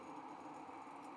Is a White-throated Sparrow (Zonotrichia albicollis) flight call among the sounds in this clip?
no